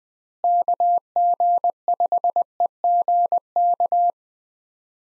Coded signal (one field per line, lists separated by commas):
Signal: Morse code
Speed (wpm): 21 wpm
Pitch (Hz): 700 Hz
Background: none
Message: KG5EGK